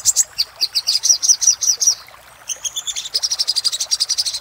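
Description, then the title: Little spiderhunter song: high chips in quick succession, a brief lull, then a fast, even stream of sharp notes. Master recording made for training cage birds, labelled 'Labaik'. "Masteran Burung Sogok Ontong Labaik"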